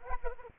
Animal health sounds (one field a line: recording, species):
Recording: mosquito wingbeat signal from an infrared sensor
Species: Aedes aegypti